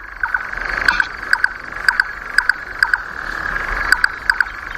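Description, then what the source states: Red-necked nightjar calls: hollow doubled knocking notes repeated about twice a second. Rattling call, very different from that of related nightjars.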